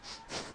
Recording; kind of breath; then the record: one breath in and out by a microphone near the nose and mouth; strong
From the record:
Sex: male